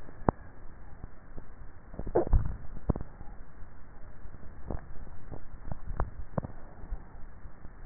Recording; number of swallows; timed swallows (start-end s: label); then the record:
swallowing sounds by neck microphone; 2
2.12-2.88 s: swallow
5.62-6.38 s: swallow
From the record:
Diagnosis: dysphagia